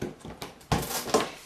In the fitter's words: Voilà, on a entendu, il est clipsé.